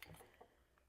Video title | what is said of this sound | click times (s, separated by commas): Portable Steam Cleaner First Look and Stovetop TEST! | Okay, so it goes right on there. And then you kind of twist it, and I heard a click, | 0.0 s